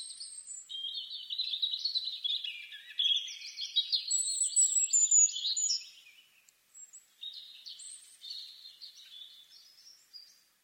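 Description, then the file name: European robin singing a string of tinkling, high-pitched whistled phrases with trills and thin squeaks, fading toward a quieter close. "Erithacus rubecula"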